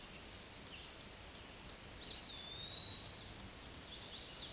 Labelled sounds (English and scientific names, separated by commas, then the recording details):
Eastern Wood-Pewee (Contopus virens) song
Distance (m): 30 m
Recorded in a Pennsylvania forest on 18 May 2023 at 11:27
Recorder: AudioMoth, point grid1_35_low
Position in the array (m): 190 m, 146 m